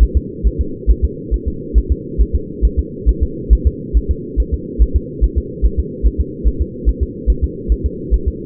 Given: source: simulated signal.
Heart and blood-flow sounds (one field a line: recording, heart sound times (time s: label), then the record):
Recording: fetal heart sounds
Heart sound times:
0.03 s: S1
0.17 s: S2
0.47 s: S1
0.61 s: S2
0.90 s: S1
1.05 s: S2
1.34 s: S1
1.48 s: S2
1.78 s: S1
1.92 s: S2
2.21 s: S1
2.35 s: S2
2.65 s: S1
2.79 s: S2
3.09 s: S1
3.23 s: S2
3.53 s: S1
3.67 s: S2
3.97 s: S1
4.11 s: S2
4.40 s: S1
4.54 s: S2
4.82 s: S1
4.96 s: S2
5.24 s: S1
5.38 s: S2
5.65 s: S1
5.80 s: S2
6.06 s: S1
6.21 s: S2
6.48 s: S1
6.62 s: S2
6.89 s: S1
7.03 s: S2
7.30 s: S1
7.44 s: S2
7.72 s: S1
7.86 s: S2
8.14 s: S1
8.28 s: S2
From the record:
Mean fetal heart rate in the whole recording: 140 bpm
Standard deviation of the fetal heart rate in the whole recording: 2 bpm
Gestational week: 34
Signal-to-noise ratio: -4.3 dB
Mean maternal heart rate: 72 bpm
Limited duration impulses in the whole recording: absent